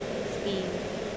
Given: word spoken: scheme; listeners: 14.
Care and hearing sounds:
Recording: one English word in noise, from a listening test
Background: speech-shaped noise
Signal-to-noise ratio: -4.5 dB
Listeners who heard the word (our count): 1 of 14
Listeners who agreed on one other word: 8 of 14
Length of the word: 0.77 s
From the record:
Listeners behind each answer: 8, 2, 1, 1, 1, 1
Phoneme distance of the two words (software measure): 20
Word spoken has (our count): 1 syllable, 4 phonemes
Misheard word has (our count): 1 syllable, 4 phonemes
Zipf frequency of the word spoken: 4.69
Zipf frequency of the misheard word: 4.91

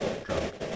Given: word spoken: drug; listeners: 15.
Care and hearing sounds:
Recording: one English word in noise, from a listening test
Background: noise modulated by three-talker babble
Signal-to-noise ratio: -3.8 dB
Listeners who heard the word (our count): 0 of 15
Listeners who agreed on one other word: 6 of 15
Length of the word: 0.36 s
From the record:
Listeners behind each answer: 6, 3, 2, 2, 1, 1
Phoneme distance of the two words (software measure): 17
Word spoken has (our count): 1 syllable, 4 phonemes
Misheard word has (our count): 1 syllable, 5 phonemes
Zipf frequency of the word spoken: 4.50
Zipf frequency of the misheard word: 4.46

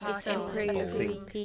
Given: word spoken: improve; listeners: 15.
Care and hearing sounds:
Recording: one English word in noise, from a listening test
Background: four-talker babble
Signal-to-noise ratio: -2.3 dB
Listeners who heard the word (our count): 4 of 15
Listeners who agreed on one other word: 8 of 15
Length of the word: 1.05 s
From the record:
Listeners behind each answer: 8, 4, 2, 1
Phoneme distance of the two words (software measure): 44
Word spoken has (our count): 2 syllables, 6 phonemes, stress on syllable 2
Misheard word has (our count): 2 syllables, 4 phonemes, stress on syllable 1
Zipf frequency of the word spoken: 4.61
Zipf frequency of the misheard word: 5.53

